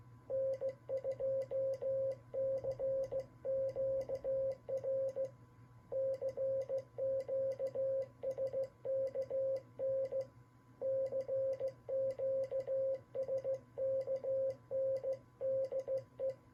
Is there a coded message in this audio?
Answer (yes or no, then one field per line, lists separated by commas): yes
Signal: Morse code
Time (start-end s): 0.3-16.3 s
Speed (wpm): 15 wpm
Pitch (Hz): 530 Hz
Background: radio noise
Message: N2CQR CQ SKN CQ SKN DE